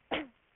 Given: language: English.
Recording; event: throat vibration sensor signal played as sound; cough